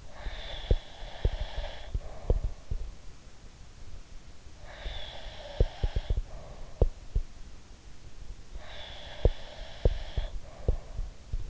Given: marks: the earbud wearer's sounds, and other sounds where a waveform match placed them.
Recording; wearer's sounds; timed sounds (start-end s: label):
sounds in sleep by an in-ear microphone; breath
0.00-2.90 s: breath
0.22-2.79 s: sound from someone else or the room
4.59-6.94 s: breath
4.80-7.22 s: sound from someone else or the room
8.55-11.50 s: breath
9.16-11.50 s: sound from someone else or the room